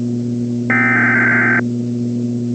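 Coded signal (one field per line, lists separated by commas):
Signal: Emergency Alert System (SAME) tones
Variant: header bursts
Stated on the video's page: Fictional EAS scenario with valid tones.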